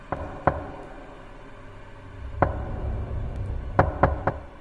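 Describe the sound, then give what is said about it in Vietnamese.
At night, someone outside a room knocks on its door in short groups: two raps, a pause, a single rap, then three quick ones. The knocks are sharp and hollow over a faint low background hum. “Và tiếng gõ cửa đều đều ở bên ngoài vẫn cứ dội lại.”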